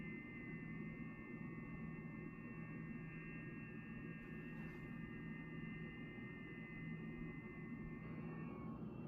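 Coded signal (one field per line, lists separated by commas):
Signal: FT8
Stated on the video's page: FT8 sent and received by an Android app, with rig control and audio over a USB cable.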